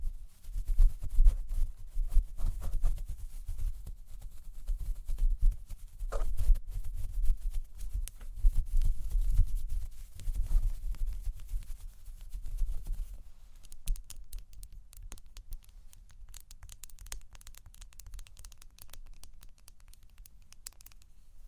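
A microphone is brushed and tapped, giving a dense, rough rustle weighted in the low end, with thumping knocks scattered through the first half. Around six seconds a brighter scrape cuts through. After about thirteen seconds the handling thins into quieter, crackly ticks and scratches.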